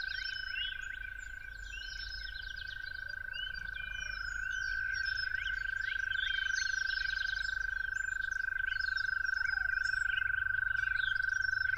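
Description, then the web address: Toads sustain a continuous, even trill throughout, beneath a dense chorus of varied bird songs and chirps. Toads calling at dawn. "musicofnature Toads at Dawn"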